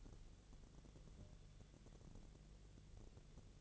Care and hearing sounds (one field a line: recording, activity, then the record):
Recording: daily activity, microphone in the room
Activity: take from stove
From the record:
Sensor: 4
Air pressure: 1000.8 hPa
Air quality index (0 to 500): 127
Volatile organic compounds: 1 ppm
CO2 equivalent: 954 ppm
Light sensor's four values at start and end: 37/89/37/41 and 36/89/37/40